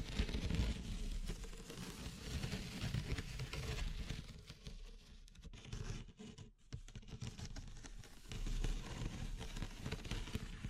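Wood, bamboo and straw being handled, with a dense, continuous crackling and rustling that stays busy throughout. The sound is full and low-heavy, easing slightly in the middle with a brief near-silent gap around six and a half seconds before picking back up.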